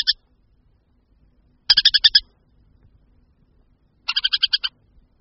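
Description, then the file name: Montagu's harrier calling in brief bursts of quick, harsh chattering notes, two full runs after a clipped start, separated by silence. "Moták-lužní"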